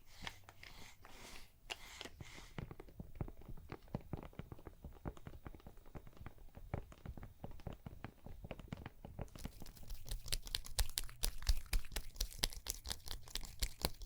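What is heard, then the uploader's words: A massage on the neck and shoulders: dense, rapid rubbing and patting with crisp skin and fabric friction, layered into a busy texture. After about nine seconds the strokes grow brighter, louder and faster, like brisk tapping, with a faint low hum beneath. ASMR Relaxing Neck & Shoulders MASSAGE (No Talking) Layered Sounds.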